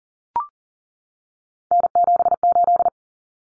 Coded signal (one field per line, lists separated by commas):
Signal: Morse code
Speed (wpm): 40 wpm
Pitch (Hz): 700 Hz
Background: none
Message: N78